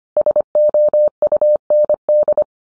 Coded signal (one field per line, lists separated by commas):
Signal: Morse code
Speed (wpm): 25 wpm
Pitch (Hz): 600 Hz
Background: none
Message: SOUND